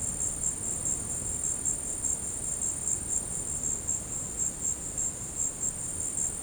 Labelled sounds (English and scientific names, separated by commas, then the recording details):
none
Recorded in dense forest near Puerto Asís, Putumayo, Colombia, on 20 February 2024 at 16:00
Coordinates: 0.486, -76.316
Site G6437